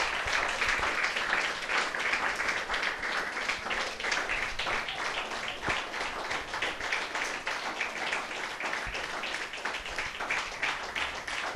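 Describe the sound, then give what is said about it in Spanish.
An audience applauds for Christ, many hands clapping in a dense, sustained wash of sound that stays loud and even for several seconds, with no one speaking over it. “Entonces quiero pedirles un aplauso para Cristo hoy.”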